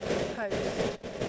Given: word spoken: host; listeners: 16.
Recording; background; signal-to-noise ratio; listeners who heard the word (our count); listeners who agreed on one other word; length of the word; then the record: one English word in noise, from a listening test; noise modulated by three-talker babble; -7.9 dB; 1 of 16; 6 of 16; 0.89 s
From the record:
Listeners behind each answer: 6, 6, 2, 1, 1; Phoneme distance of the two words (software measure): 10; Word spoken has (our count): 1 syllable, 4 phonemes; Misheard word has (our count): 1 syllable, 4 phonemes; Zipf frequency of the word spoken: 4.39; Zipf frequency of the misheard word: 4.87